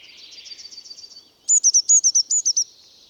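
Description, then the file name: Eurasian blue tit calling: a soft, thin buzzy trill gives way to a brisk series of bright, high, hooked notes. "Cyanistes caeruleus"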